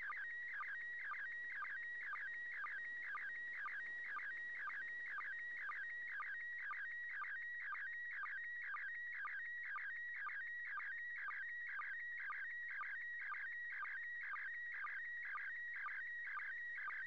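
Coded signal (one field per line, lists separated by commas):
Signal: SSTV (slow-scan television)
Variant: PD120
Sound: warbling, chirping tone with a short low blip about twice each second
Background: radio static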